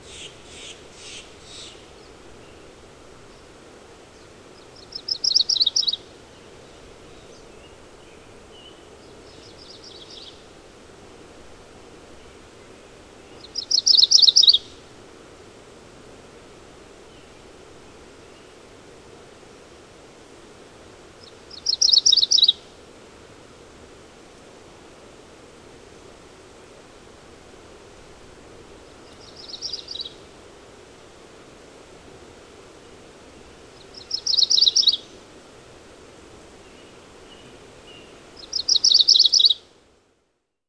MacGillivray's Warbler song recorded on the Fern Lake Trail in Rocky Mountain National Park.